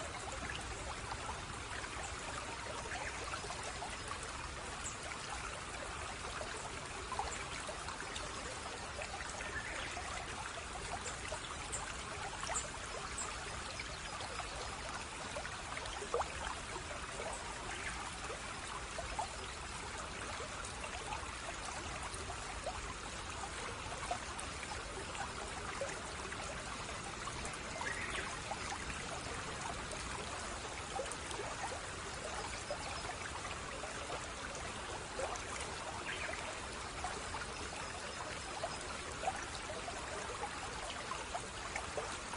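Flowing water runs steadily for the whole stretch, a dense, even trickle and splash with no pauses. Small bright droplet sounds pop up irregularly over a soft low rush, and the level stays constant throughout.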